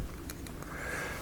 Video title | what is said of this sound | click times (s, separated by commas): 351C Build part II, 1970 Mach 1. | that just snaps right in place | 0.3 s